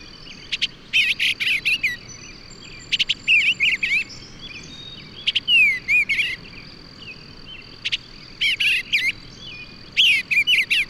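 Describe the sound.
Bird song in short bursts of rapid, varied chirps and slurred whistles, separated by pauses, over a steady high insect tone.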